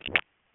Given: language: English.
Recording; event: throat vibration sensor signal played as sound; swallow